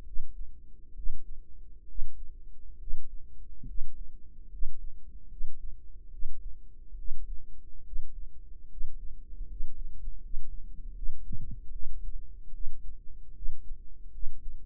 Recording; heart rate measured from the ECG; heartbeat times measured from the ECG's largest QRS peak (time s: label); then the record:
heart sounds by microphone in the right ear; 73 bpm
0.04 s: heartbeat
0.94 s: heartbeat
1.86 s: heartbeat
2.78 s: heartbeat
3.65 s: heartbeat
4.49 s: heartbeat
5.28 s: heartbeat
6.10 s: heartbeat
6.96 s: heartbeat
7.83 s: heartbeat
8.68 s: heartbeat
9.47 s: heartbeat
10.20 s: heartbeat
10.93 s: heartbeat
11.71 s: heartbeat
12.52 s: heartbeat
13.33 s: heartbeat
14.11 s: heartbeat
From the record:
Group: healthy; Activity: cold pressor test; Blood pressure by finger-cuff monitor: 94/62 mmHg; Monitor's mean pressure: 72 mmHg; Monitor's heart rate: 71 bpm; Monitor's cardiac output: 5.6 L/min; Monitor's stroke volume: 77 mL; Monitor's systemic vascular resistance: 920 dyn s/cm5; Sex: female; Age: 22 years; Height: 163 cm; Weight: 67.1 kg